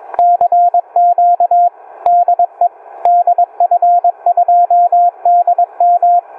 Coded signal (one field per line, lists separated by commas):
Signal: Morse code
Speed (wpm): 21 wpm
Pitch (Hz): 700 Hz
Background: none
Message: CQ DE DF2DM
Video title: EA1AQ: FT-897D Solar: CW QSO with DF2DM